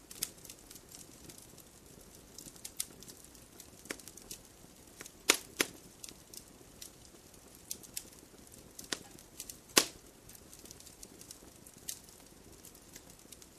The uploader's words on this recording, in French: Le doux son d'un feu de cheminée réconfortant. Le son d'un feu de cheminée crépitant, cosy et réconfortant.